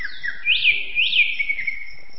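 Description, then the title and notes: Greater green leafbird song: two bright whistled phrases that rise and fall steeply, ending in a held whistle. Singing presented as champion-level birdsong. "Kicau Burung Cucak Ijo Juara. Suara kicauan burung cucak ijo"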